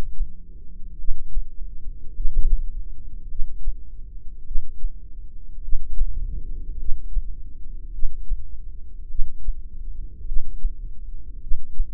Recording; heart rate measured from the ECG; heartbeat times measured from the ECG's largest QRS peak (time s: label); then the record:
heart sounds by microphone in the left ear; 52 bpm
0.99 s: heartbeat
2.15 s: heartbeat
3.30 s: heartbeat
4.46 s: heartbeat
5.63 s: heartbeat
6.79 s: heartbeat
7.93 s: heartbeat
9.10 s: heartbeat
10.26 s: heartbeat
11.41 s: heartbeat
From the record:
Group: heart failure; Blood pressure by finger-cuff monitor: 93/47 mmHg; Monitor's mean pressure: 59 mmHg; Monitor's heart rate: 52 bpm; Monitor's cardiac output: 4.6 L/min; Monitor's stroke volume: 89 mL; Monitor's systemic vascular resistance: 890 dyn s/cm5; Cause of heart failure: cardiac sarcoid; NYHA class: 1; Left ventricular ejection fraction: 39%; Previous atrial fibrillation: present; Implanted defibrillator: present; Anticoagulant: apixaban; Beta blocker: carvedilol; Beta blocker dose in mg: 50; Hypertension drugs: ramipril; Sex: male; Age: 79 years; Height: 184 cm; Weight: 92.5 kg